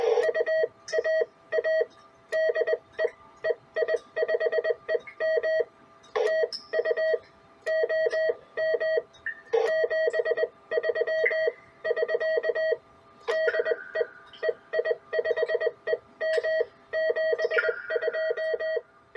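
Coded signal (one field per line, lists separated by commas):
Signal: Morse code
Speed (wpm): 20 wpm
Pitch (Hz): 640 Hz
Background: none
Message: UAA DE EI5EM TU OM 73 <SK> DE EI5EM 72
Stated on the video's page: QRP CW from a homebrew HF station on an EGV-9B nine-band transceiver, sent with homemade touch twin paddles.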